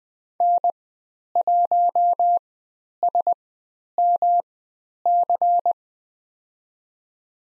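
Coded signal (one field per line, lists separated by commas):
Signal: Morse code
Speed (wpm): 20 wpm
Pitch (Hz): 700 Hz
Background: none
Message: N1SMC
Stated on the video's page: Morse code lesson on the letter M with call signs, Farnsworth speed 20/10 wpm.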